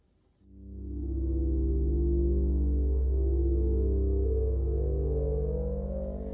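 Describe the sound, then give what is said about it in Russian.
After a moment of near silence, a deep spaceship engine hum from the ship's disc drives swells up and holds as a loud, layered drone, its tone wavering and shifting as the ship begins a slow flight through the atmosphere. No one speaks. “И тут же диски исчезателей изменили тон. Корабль начал свой полет, пока медленный, в атмосфере.”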